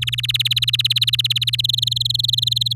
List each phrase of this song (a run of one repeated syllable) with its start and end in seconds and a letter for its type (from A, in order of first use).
0.01-1.61 A, 1.64-2.73 B